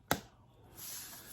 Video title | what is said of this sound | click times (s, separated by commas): Apple Macbook Air SSD Upgrade Easy | drop it down push right down here you'll hear it click | 0.1 s